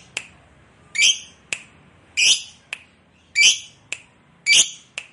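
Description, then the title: Lovebird calls, harsh high squawks alternating with short sharp chips, repeated roughly every second. Fighter lovebird, described as gacor, singing energetically. "Berkat SUARA Lovebird FIGHTER GACOR Ini"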